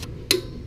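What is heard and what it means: A click-type torque wrench tightens a passenger footpeg mount bolt on a 2004–2013 Sportster motorcycle frame until the wrench clicks at its set value. A single sharp click is heard at 0.3 s over a quiet background, and another sharp sound starts right at the end of the clip, confirming the bolt has reached its set torque.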